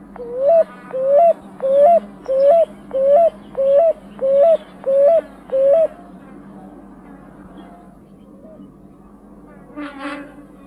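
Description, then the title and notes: Picui ground dove cooing: nine soft rising coos repeated evenly about every two-thirds of a second, then a pause with a brief rustling noise near the end. Bahía Blanca; song a repeated, emphatic 'uuú.. uuú..', heard from spring into summer even in the hottest hours; usually in small flocks or pairs. "Museo de Ciencias de Bahía Blanca. Torcacita ( Columbina picui)"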